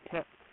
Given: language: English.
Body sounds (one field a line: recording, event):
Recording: throat vibration sensor signal played as sound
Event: speech